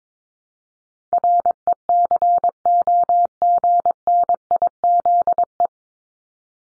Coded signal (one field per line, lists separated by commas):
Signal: Morse code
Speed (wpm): 22 wpm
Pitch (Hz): 700 Hz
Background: none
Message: RECOGNIZE